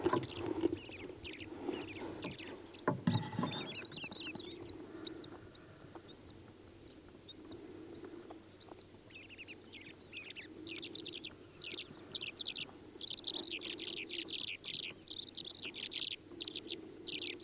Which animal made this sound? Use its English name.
Asian Short-toed Lark